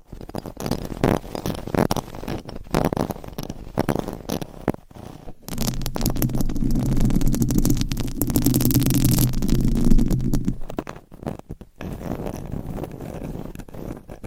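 Mic scratching: rough, irregular rubbing and scraping against the microphone, with frequent sharp clicks and pops throughout. From about five to ten seconds the scratching thickens into a denser, steadier grinding with a low hum underneath, then returns to scattered, choppier strokes.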